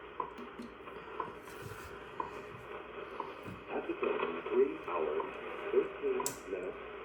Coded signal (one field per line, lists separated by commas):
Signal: radio time signal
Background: speech